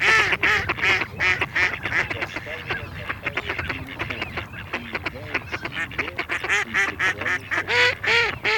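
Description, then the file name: Mallard quacks in a dense, rapid series of loud nasal calls, several a second, some overlapping. Decoy call, played back. "Кряква"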